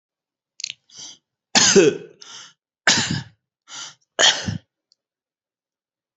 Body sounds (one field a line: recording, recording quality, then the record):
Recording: shallow voluntary cough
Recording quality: excellent, no background noise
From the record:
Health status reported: healthy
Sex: male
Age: 30 years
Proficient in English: yes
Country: India